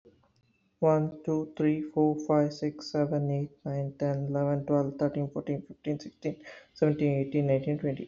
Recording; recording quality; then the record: counting at a fast pace; excellent, no background noise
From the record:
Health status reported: healthy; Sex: male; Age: 27 years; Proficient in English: yes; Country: India